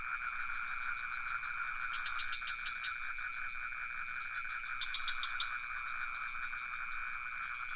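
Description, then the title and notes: A constant shrill cricket trill runs throughout, a pulsed buzz stops after two seconds, and brief frog click series come around two and five seconds. Recorded near a pond in Ubud with some frogs calling; Sony PCM D50 recorder with Rode NT4 microphone. "Crickets and frogs in Ubud. Recorded near the pond in Ubud. Sublime frequencies of crickets and some frogs"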